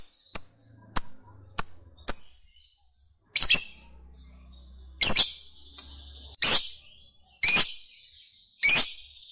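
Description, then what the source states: Lovebird giving a series of sharp, high, squeaky chirps at uneven intervals, some followed by short buzzy rattles. Fighter-type lovebird singing energetically in the gacor style.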